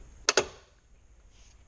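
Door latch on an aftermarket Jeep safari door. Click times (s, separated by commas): 0.3 s, 0.4 s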